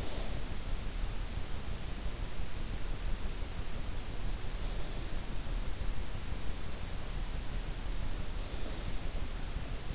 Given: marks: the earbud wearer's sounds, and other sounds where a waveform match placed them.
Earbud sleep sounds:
sounds in sleep by an in-ear microphone; snoring breath
0.00-0.96 s: snoring breath

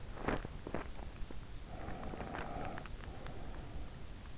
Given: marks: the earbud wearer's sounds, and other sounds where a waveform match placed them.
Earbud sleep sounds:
sounds in sleep by an in-ear microphone; body movement, breath
0.00-0.99 s: body movement
1.32-3.38 s: breath

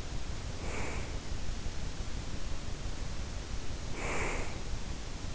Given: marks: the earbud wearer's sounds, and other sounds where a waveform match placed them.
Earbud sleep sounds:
sounds in sleep by an in-ear microphone; breath
0.53-1.24 s: breath
3.65-4.69 s: breath

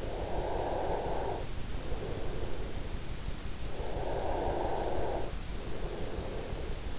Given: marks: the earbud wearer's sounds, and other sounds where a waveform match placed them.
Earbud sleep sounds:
sounds in sleep by an in-ear microphone; breath
0.08-2.87 s: breath
3.72-6.99 s: breath

